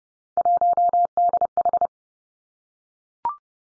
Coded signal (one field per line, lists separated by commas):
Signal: Morse code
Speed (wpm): 30 wpm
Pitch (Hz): 700 Hz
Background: none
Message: 1DH